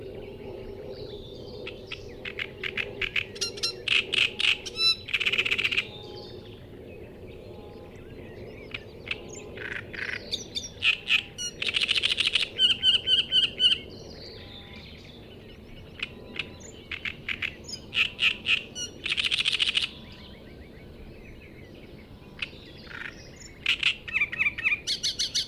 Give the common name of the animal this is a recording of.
Great Reed Warbler